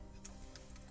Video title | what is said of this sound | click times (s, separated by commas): The BEST Transforming G1 Soundwave YET?! KO RP-01 ACOUSTIC WAVE W/ Laserbeak, Ravage & Frenzy Review | and it will snap into place | 0.2 s